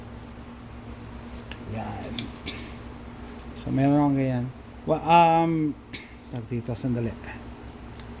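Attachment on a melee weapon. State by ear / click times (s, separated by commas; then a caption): seated / 8.0 s. An upgrade attachment is fitted onto a melee weapon while someone talks. A short tick at 8.0 s marks the attachment locking in place, leaving it tight.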